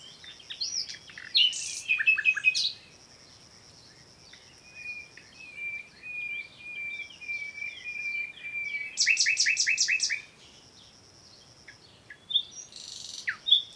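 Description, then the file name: Common nightingale song: bursts of rapid repeated notes and sharp chips, then a long series of pure whistled notes, and a loud rattling trill, with a faint high steady tone behind. "Luscinia megarhynchos"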